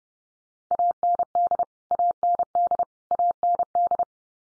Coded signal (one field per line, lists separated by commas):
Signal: Morse code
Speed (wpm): 30 wpm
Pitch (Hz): 700 Hz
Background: none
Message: AND AND AND